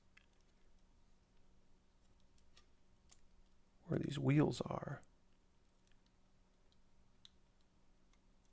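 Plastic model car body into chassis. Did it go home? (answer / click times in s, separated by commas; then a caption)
no / none. The plastic body of a model car kit is being handled over its chassis, meant to snap into place where the wheels are. Faint small ticks sound against a quiet background while someone talks briefly near the middle. Nothing has seated or clicked into place yet.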